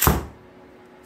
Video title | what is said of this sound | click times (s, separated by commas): The Police Baton: A Brief History | flick it and extends and locks into place now you have a steel baton used | 0.0 s